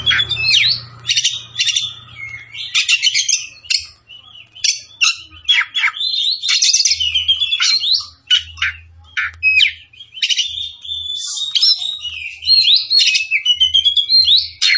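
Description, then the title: Oriental magpie-robin singing energetically: rapid mix of clear whistles, buzzy trills and scratchy chattering notes, barely pausing, with a faint low hum underneath. Tretes; singing vigorously, described as gacor. "Kacer Tretes"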